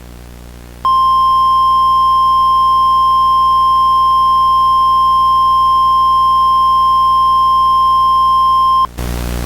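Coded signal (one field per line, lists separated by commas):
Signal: Emergency Alert System (SAME) tones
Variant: 1050 Hz attention tone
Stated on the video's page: Mock EAS scenario.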